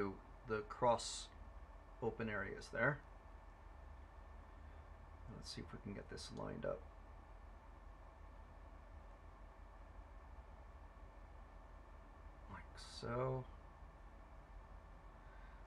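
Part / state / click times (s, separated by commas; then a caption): toothed plastic part onto its mating part in an RC car kit / not seated / none. Someone talks while lining up a toothed plastic part of an HPI Venture SBK RC car kit on its mating teeth before it is wiggled and locked into place. Between the speech there are only faint, quiet handling sounds. Nothing has seated or clicked yet.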